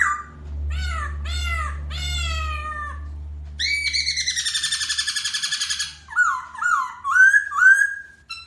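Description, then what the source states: Masked laughingthrush: bird song with repeated slurred whistles over a steady low hum, then a long grating rattle and several loud rising whistled notes. Local Indonesian name Poksai Hongkong; song said to captivate other birds.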